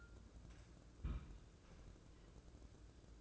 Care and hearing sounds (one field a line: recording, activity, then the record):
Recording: daily activity, microphone in the room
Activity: place on stove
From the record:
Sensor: 2